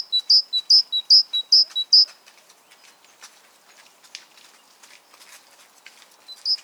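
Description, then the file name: Great tit song, five quick two-note phrases, then several seconds of faint clicks and rustle before one more phrase begins. "Parus major"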